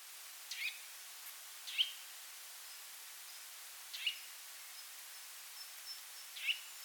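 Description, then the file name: Eurasian nuthatch giving short, sharp, clipped call notes, four spaced irregularly over several seconds, against a steady soft hiss of background noise. "Sitta europaea"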